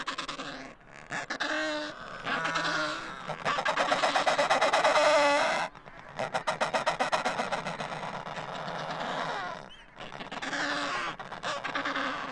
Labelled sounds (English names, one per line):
Adelie Penguin call